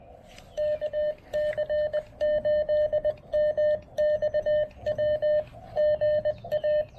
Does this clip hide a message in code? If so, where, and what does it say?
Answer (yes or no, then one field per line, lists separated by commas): yes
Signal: Morse code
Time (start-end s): 0.6-6.8 s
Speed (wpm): 19 wpm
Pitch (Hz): 590 Hz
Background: none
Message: KC8MXW GA